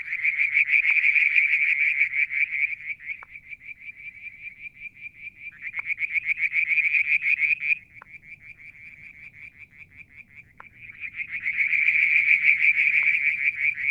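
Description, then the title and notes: Frogs giving rapid pulsed trills almost without pause, alternating between loud surging bouts and softer thin trills, with a few sharp clicks. One evening near the water tank at Mount Wilson, New South Wales, Australia, July 2022. "Frog song, Mount Wilson, New South Wales, Australia in July 2022 – by Alexander Moffatt. Limnodynastes Peronii, Litoria Verreauxii and a mystery frog one evening near the water tank"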